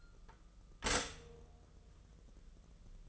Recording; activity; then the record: daily activity, microphone in the room; stop toaster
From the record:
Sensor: 4